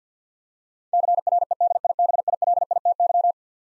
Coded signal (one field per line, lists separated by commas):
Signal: Morse code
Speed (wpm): 50 wpm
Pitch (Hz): 700 Hz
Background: none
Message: CREDIBILITY